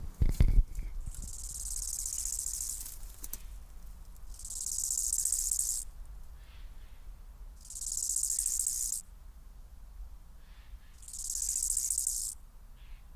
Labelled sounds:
Bow-winged Grasshopper (Chorthippus biguttulus) stridulation

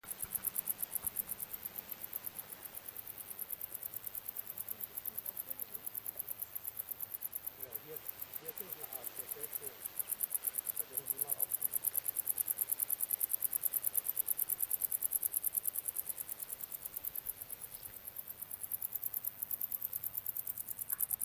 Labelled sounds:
Wartbiter (Decticus verrucivorus) stridulation

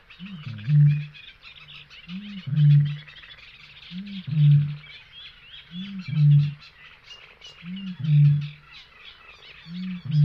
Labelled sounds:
Great Bittern (Botaurus stellaris)

